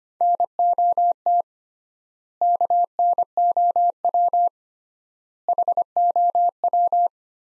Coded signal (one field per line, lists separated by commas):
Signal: Morse code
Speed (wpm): 25 wpm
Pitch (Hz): 700 Hz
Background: none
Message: NOT KNOW HOW